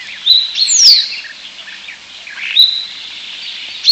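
European starling giving a few high thin whistles, including a steeply falling slurred note early on, with soft chatter between them.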